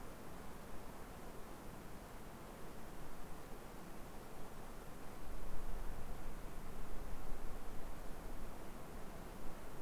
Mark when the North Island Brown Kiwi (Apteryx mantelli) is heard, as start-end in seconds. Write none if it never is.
none